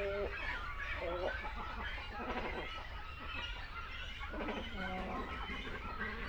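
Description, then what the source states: Great cormorants giving deep, nasal, gargling croaks in short bursts, with a background chorus of fainter calls from the colony and low rumbling noise. Continental great cormorant at a colony.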